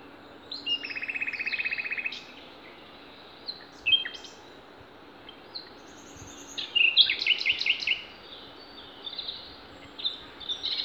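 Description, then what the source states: Songbirds singing: a buzzy rasping phrase, then scattered high slurred notes and a dense burst of rapid chirps in the second half. Songbirds singing in Demerje forest (demerska šuma), recorded 28 April 2020.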